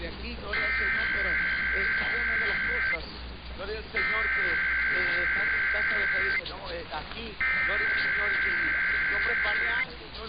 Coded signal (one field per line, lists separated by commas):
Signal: Emergency Alert System (SAME) tones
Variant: header bursts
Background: speech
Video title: [EAS #2076-#2079] KTSB, WGY, Air1 & KWIZ Required Weekly Tests